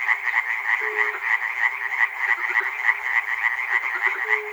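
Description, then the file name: Dense frog chorus of rapid rasping croaks, somewhat irregular in rhythm, with two short low tonal notes. Frogs recorded at Chernobyl. "peter cusack-chernobyl frogs"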